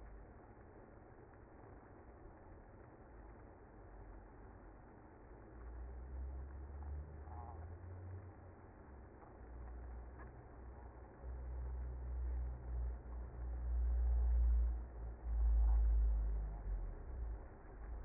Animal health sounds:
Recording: honeybee colony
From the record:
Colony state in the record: active

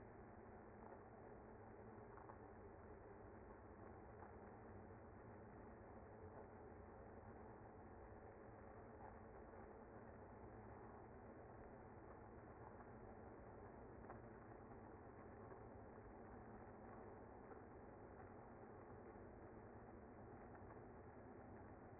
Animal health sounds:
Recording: honeybee colony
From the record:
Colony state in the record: active

